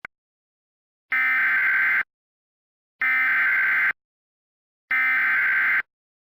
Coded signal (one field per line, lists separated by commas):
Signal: Emergency Alert System (SAME) tones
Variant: header bursts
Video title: EAS Scenario #2: Georgia Powerplant Emergency